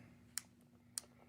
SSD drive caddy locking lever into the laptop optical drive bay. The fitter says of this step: You'll hear it pop and lock. It'll lock in there.